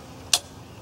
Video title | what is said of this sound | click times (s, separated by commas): Bean Product Pick 2014 Bowtech Stryker Solution LS Package | hear it click and when you when you hear that click you know it's in there safe and you | 0.3 s